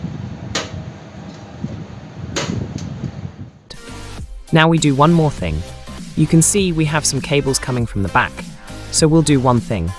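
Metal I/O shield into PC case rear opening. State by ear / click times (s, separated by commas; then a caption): seated / 0.6 s. A metal I/O shield is pressed into the rear opening of a PC case and snaps in with a sharp click at 0.6 s, showing it is properly seated. Smaller knocks follow at about 2.8 s and 3.7 s, then someone talks over background music.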